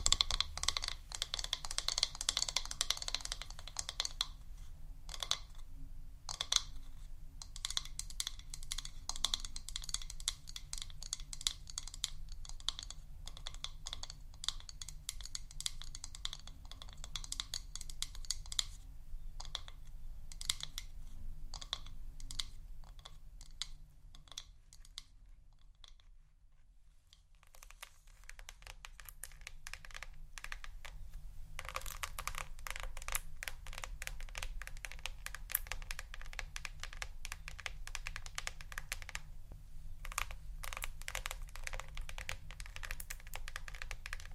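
Quick tapping on hard surfaces runs almost throughout, in dense, crisp clicks much like typing on a keyboard, with a low steady hum underneath. The tapping thins and quiets around the middle, nearly stopping near 26 seconds, then returns busier and brighter toward the end.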